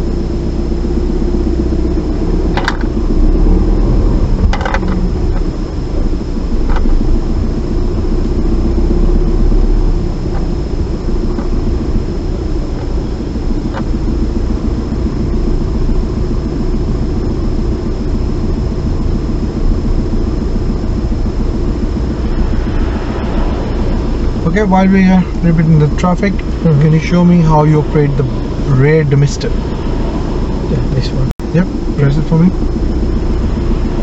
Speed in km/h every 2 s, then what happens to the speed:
3, 10, 5, 6, 6, 6, 6, 6, 6, 6, 6, 6, 6, 5, 5, 6, 6.
0-34 steady at about 6.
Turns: none.